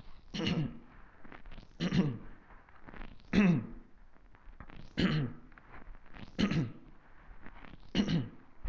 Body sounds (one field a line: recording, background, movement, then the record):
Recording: throat clearing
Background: quiet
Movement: sitting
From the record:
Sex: male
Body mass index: 22.0 kg/m2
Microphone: on the chest, facing the body